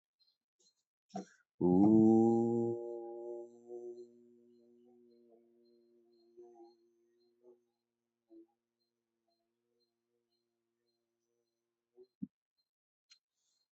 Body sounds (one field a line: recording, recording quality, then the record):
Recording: sustained vowel as in boot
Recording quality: excellent, no background noise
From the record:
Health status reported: healthy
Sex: male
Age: 42 years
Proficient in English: yes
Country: India